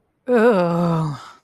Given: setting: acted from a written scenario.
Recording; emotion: vocal sound without words; anger